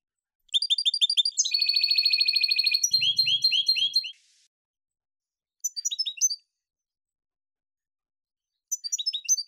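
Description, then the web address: Finch song, quick repeated chirps leading into a long even rattle, then slurred notes, followed by two short chirpy bursts after silences. Tutor song for training finches. "صدای-سهره-مربی-برای-اموزش"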